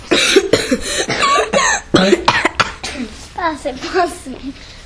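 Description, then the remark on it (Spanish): A voice acts out a very sick old man at a farmhouse door coughing over and over: a rapid string of loud, harsh coughs, then wavering, groaning vocal sounds as the fit trails off. “Los granjeros atendieron y se escuchaba un viejo que se sentía re mal y tosía un montón.”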